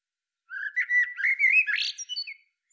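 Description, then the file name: Eurasian blackbird uttering one continuous scratchy, squeaky call lasting about two seconds, with wavering notes. "Turdus merula"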